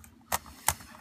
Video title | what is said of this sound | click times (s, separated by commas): Changing the keyboard on a Dell Latitude E6500 laptop | press it across it'll snap right into place | 0.3 s, 0.7 s